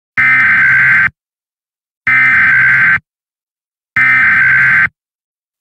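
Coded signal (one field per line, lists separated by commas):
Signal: Emergency Alert System (SAME) tones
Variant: header bursts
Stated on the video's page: Fictional EAS scenario containing valid EAS tones, made for entertainment.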